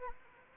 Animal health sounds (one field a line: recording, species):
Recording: mosquito wingbeat signal from an infrared sensor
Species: Anopheles gambiae